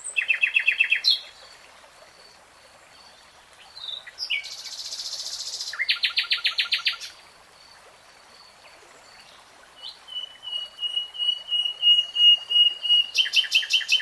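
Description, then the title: Nightingale song: varied phrases of buzzy rattles, a rasping hiss-like burst, then strings of quick whistled and chattering notes. "[Tiếng chim hót] Nightingale Singing"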